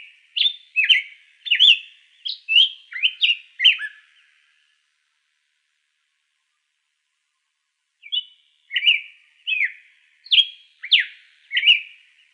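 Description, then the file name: Hepatic tanager song, two phrases of rich, burry whistled notes rising and falling, separated by a long pause. Recorded in Arizona on 1 February 2006. "HETA 2 deviche"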